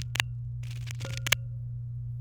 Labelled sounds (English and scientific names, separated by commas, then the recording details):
Domestic Canary (Serinus canaria) song
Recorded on 23 April 2018 at 18:08
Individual llb3